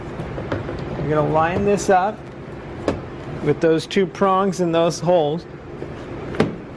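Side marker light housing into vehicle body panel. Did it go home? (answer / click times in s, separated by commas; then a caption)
yes / 6.4 s. Someone talks while the rear side marker/clearance light housing of a 2015–2021 Kia Sedona is lined up with two prongs in the holes and pressed into the vehicle body panel. A sharp snap is heard at 6.4 s as the housing seats into place.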